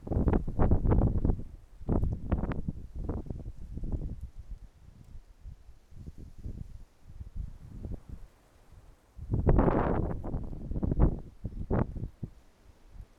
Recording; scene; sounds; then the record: everyday scene through a hearing-aid microphone; wind on the microphone; wind, traffic, birds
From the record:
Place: suburban garden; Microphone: behind the ear, right, front